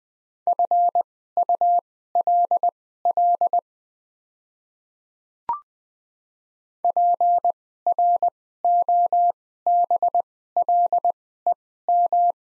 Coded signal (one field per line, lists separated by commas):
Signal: Morse code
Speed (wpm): 20 wpm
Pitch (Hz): 700 Hz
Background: none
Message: FULL PROBLEM